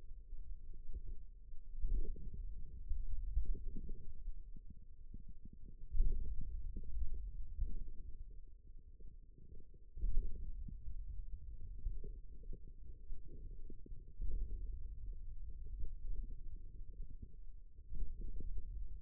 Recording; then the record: forearm muscle sounds (acoustic myography)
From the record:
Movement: pen grasping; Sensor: system 2, bracelet of six BSWA MPA416 microphones around the upper forearm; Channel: 3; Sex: male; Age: 22 years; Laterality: right